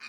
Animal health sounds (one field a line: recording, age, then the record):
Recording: pig call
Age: piglet (1 to 25 days)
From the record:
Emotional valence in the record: positive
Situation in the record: short reunion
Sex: male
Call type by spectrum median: high-frequency call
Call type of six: low-frequency tonal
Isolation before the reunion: 3 minutes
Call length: 0.09 s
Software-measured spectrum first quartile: 2180 Hz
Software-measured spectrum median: 2673 Hz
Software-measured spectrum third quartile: 4489 Hz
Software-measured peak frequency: 2479 Hz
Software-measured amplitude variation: 52 dB a second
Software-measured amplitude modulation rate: 11.4 a second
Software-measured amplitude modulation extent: 4.5 dB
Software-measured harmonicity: 1.8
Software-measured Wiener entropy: -1.71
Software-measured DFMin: 712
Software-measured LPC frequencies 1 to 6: 1271, 1695, 2455, 4063, 4598, 5631 Hz